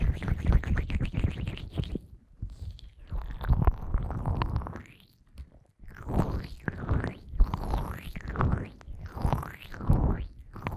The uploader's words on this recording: ASMR Fast & Intense Ear Massage wCream (No Talking).